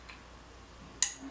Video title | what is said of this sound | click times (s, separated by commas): Unboxing Didgetrax DCC Control Items | like this effort just plug it in till it clicks and doesn't want you just down | 1.0 s